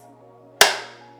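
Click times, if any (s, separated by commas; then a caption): 0.6 s. An air fryer's inner cooking basket, holding liquid pecan pie filling, is reinserted into the outer basket with both hands and gently pushed down. A single sharp click is heard at 0.6 seconds over a low steady hum, and the basket is seated.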